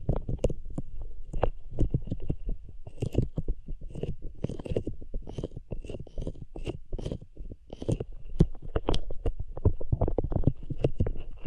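Hands rubbing over ears make dense, irregular scratchy crackles and soft low thumps, many quick strokes each second throughout, with brighter rustles above.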